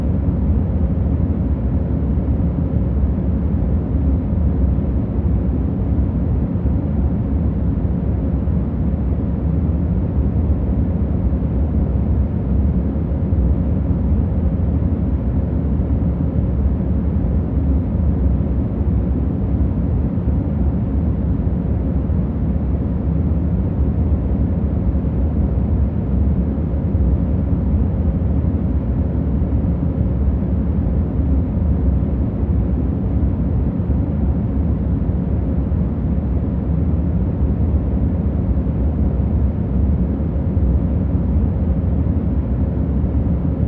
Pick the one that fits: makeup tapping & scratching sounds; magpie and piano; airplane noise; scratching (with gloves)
airplane noise